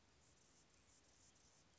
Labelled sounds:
Anna's Hummingbird
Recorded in Sonoma County, California

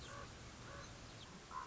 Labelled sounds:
Common Raven
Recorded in Sonoma County, California

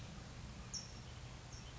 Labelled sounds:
California Towhee
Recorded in Sonoma County, California

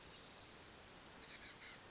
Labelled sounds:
Chestnut-backed Chickadee
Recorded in Sonoma County, California

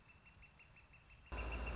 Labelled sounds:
Northern Flicker
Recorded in Sonoma County, California

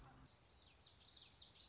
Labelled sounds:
Common Yellowthroat
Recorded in Sonoma County, California

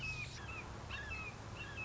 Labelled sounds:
Red-shouldered Hawk
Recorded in Sonoma County, California

